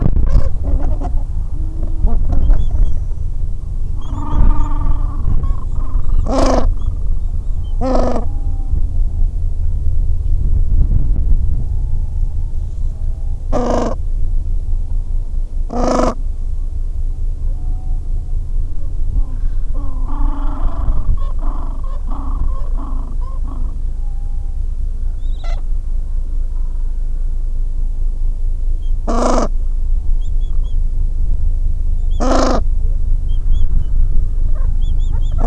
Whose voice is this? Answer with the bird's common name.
Gentoo Penguin